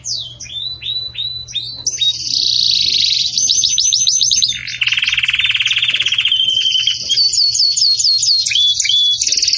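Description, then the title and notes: Canary song: descending whistled notes, long high rolling trills and a lower rapid buzzy trill, followed by more quick repeated whistles, continuous throughout. Belgian canary song, described as a bell-like song used for teaching young chicks. "Canto Do Canário Belga Campainha Para Encarte De Filhotes. CANARIO"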